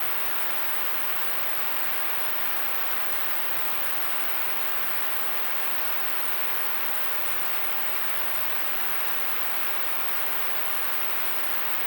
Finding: Tinnitus.